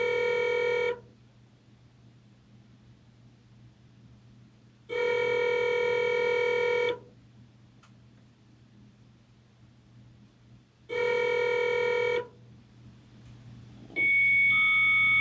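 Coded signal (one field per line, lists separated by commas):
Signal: 300-baud modem data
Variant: Bell 103, 300 baud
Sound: three ringback tones on a line, then a high answer whistle joined by a lower carrier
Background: low mains hum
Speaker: we are going to dial this thing we are going to use its builtin Bell 103 compatible modem to call the national research Council of Ken Canada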